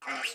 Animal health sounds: pig call; piglet (1 to 25 days)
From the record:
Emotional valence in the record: negative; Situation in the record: restrain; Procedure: in the arms of a person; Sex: female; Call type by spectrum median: low-frequency call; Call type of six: low-frequency tonal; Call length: 0.35 s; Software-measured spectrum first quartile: 1450 Hz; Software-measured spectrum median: 2266 Hz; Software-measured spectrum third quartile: 3303 Hz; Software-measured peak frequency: 2761 Hz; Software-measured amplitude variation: 121 dB a second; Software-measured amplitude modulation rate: 10.1 a second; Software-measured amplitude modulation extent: 12.0 dB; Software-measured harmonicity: 0.6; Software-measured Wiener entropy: -1.20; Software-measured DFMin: 588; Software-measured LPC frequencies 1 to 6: 769, 1420, 2085, 2750, 4375, 4660 Hz

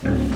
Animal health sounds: pig call; growing-finishing pig (85 days or more)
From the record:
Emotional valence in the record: positive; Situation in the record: enriched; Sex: female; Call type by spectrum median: low-frequency call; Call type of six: low-frequency stable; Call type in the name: low-frequency stable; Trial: 2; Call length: 0.36 s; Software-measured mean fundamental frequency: 39 Hz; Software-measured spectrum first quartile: 131 Hz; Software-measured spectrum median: 248 Hz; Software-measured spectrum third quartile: 478 Hz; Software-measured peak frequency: 265 Hz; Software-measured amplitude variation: 165 dB a second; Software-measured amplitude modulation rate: 27.8 a second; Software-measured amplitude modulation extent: 5.9 dB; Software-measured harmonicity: -1.7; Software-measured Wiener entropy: -0.83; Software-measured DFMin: 1110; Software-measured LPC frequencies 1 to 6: 1588, 2400, 3775, 4643, 5596, 6348 Hz

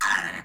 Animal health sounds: pig call; piglet (1 to 25 days)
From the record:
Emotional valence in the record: negative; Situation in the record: castration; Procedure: castration, cut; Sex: male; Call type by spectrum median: low-frequency call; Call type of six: low-frequency tonal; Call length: 0.45 s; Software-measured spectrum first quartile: 1429 Hz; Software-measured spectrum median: 1772 Hz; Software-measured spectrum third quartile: 2794 Hz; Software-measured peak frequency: 1693 Hz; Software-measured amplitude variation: 145 dB a second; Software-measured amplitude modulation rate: 23.1 a second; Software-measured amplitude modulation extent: 6.3 dB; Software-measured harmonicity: 3.2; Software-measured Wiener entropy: -1.49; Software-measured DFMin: 851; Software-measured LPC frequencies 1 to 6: 1038, 1751, 2783, 3538, 4338, 5174 Hz

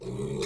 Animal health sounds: pig call; weaner (32 to 43 days)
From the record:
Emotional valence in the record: negative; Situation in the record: short isolation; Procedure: open field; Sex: female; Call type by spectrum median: low-frequency call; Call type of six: mixed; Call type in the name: high-frequency modulated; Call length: 0.47 s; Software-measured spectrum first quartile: 295 Hz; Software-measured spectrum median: 517 Hz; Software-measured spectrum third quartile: 3607 Hz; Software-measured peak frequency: 402 Hz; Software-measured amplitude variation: 125 dB a second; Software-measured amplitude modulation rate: 27.9 a second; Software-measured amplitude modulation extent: 4.5 dB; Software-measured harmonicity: 1.9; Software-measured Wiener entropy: -4.25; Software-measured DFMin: 1116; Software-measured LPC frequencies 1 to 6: 390, 1024, 2273, 3667, 4053, 5049 Hz

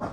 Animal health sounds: pig call; growing-finishing pig (85 days or more)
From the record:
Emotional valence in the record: positive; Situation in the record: run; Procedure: transit

